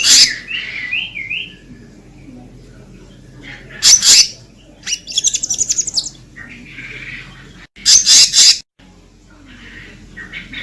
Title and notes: BURUNG SELENDANG BIRU GACOR NGEROLL ISIAN. pikat